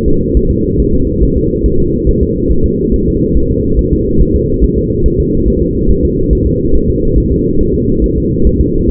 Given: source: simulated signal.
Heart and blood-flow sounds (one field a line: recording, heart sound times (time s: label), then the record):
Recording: fetal heart sounds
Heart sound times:
0.08 s: S2
0.37 s: S1
0.51 s: S2
0.80 s: S1
0.94 s: S2
1.23 s: S1
1.38 s: S2
1.66 s: S1
1.80 s: S2
2.09 s: S1
2.23 s: S2
2.51 s: S1
2.66 s: S2
2.94 s: S1
3.08 s: S2
3.37 s: S1
3.51 s: S2
3.79 s: S1
3.93 s: S2
4.21 s: S1
4.35 s: S2
4.64 s: S1
4.78 s: S2
5.06 s: S1
5.20 s: S2
5.48 s: S1
5.62 s: S2
5.91 s: S1
6.05 s: S2
6.33 s: S1
6.47 s: S2
6.76 s: S1
6.90 s: S2
7.18 s: S1
7.32 s: S2
7.61 s: S1
7.75 s: S2
8.04 s: S1
8.18 s: S2
8.47 s: S1
8.61 s: S2
8.90 s: S1
From the record:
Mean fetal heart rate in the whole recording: 140 bpm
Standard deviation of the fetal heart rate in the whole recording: 2 bpm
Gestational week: 34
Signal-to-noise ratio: -16.4 dB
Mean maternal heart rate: 72 bpm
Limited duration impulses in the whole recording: present